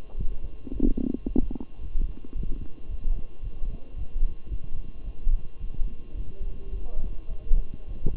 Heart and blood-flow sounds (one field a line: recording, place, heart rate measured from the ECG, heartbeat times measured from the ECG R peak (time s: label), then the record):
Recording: heart sounds by stethoscope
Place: between the tricuspid and mitral areas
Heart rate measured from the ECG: 109 bpm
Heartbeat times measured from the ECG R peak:
0.16 s: heartbeat
0.71 s: heartbeat
1.25 s: heartbeat
1.80 s: heartbeat
2.34 s: heartbeat
2.88 s: heartbeat
3.41 s: heartbeat
3.95 s: heartbeat
4.49 s: heartbeat
5.02 s: heartbeat
5.58 s: heartbeat
6.14 s: heartbeat
6.70 s: heartbeat
7.27 s: heartbeat
7.86 s: heartbeat
From the record:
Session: walking at 3.7 km/h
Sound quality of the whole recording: good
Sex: male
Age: 23 years